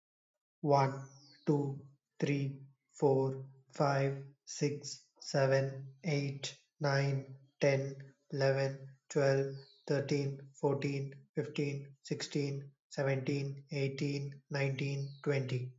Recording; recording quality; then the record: counting at a normal pace; excellent, no background noise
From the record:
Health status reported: healthy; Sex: male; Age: 25 years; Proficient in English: yes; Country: India